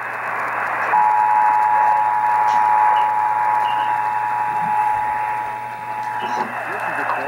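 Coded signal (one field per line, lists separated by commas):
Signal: Emergency Alert System (SAME) tones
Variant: 853 and 960 Hz attention tone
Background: speech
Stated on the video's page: Real EAS test alerts captured in October 2021.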